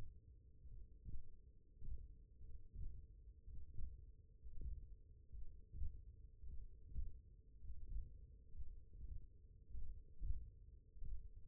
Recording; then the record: forearm muscle sounds (acoustic myography)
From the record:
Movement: index flexion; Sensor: system 1, eight BSWA MPA416 microphones around the upper forearm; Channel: 5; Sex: male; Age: 23 years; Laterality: right